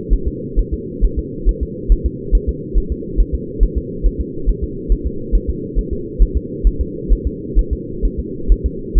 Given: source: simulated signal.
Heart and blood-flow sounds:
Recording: fetal heart sounds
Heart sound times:
0.13 s: S1
0.28 s: S2
0.59 s: S1
0.73 s: S2
1.04 s: S1
1.19 s: S2
1.49 s: S1
1.63 s: S2
1.92 s: S1
2.06 s: S2
2.35 s: S1
2.49 s: S2
2.78 s: S1
2.92 s: S2
3.20 s: S1
3.35 s: S2
3.63 s: S1
3.78 s: S2
4.06 s: S1
4.21 s: S2
4.49 s: S1
4.64 s: S2
4.92 s: S1
5.06 s: S2
5.35 s: S1
5.50 s: S2
5.79 s: S1
5.93 s: S2
6.22 s: S1
6.37 s: S2
6.67 s: S1
6.81 s: S2
7.13 s: S1
7.27 s: S2
7.59 s: S1
7.73 s: S2
8.05 s: S1
8.19 s: S2
8.52 s: S1
8.66 s: S2
8.98 s: S1
From the record:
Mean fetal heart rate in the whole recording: 135 bpm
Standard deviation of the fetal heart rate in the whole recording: 3 bpm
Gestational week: 36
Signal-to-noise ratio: -4.3 dB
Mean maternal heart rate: 72 bpm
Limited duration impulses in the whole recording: absent

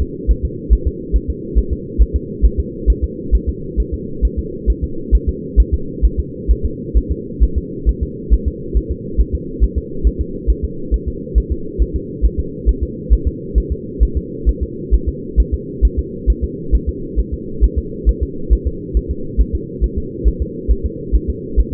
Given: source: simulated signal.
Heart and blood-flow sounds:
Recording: fetal heart sounds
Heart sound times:
0.02 s: S2
0.31 s: S1
0.45 s: S2
0.73 s: S1
0.87 s: S2
1.16 s: S1
1.30 s: S2
1.58 s: S1
1.73 s: S2
2.02 s: S1
2.16 s: S2
2.45 s: S1
2.60 s: S2
2.90 s: S1
3.04 s: S2
3.35 s: S1
3.49 s: S2
3.80 s: S1
3.94 s: S2
4.25 s: S1
4.39 s: S2
4.70 s: S1
4.84 s: S2
5.15 s: S1
5.29 s: S2
5.60 s: S1
5.74 s: S2
6.05 s: S1
6.20 s: S2
6.51 s: S1
6.65 s: S2
6.97 s: S1
7.12 s: S2
7.43 s: S1
7.58 s: S2
7.89 s: S1
8.03 s: S2
8.33 s: S1
8.48 s: S2
8.77 s: S1
8.91 s: S2
9.20 s: S1
9.35 s: S2
9.63 s: S1
9.78 s: S2
10.07 s: S1
10.21 s: S2
10.50 s: S1
10.64 s: S2
10.94 s: S1
11.08 s: S2
11.38 s: S1
11.52 s: S2
11.82 s: S1
11.96 s: S2
12.25 s: S1
12.40 s: S2
12.69 s: S1
12.83 s: S2
13.13 s: S1
13.27 s: S2
13.58 s: S1
13.72 s: S2
14.03 s: S1
14.17 s: S2
14.49 s: S1
14.63 s: S2
14.94 s: S1
15.09 s: S2
15.40 s: S1
15.54 s: S2
15.85 s: S1
15.99 s: S2
16.30 s: S1
16.44 s: S2
16.75 s: S1
16.89 s: S2
17.20 s: S1
17.34 s: S2
17.64 s: S1
17.79 s: S2
18.09 s: S1
18.23 s: S2
18.53 s: S1
18.67 s: S2
18.97 s: S1
19.11 s: S2
19.41 s: S1
19.55 s: S2
19.84 s: S1
19.98 s: S2
20.28 s: S1
20.42 s: S2
20.71 s: S1
20.86 s: S2
21.15 s: S1
21.30 s: S2
21.60 s: S1
21.74 s: S2
From the record:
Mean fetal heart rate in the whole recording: 135 bpm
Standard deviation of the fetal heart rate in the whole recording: 3 bpm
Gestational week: 34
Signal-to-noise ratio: -4.3 dB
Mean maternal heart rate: 72 bpm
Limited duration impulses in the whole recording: absent

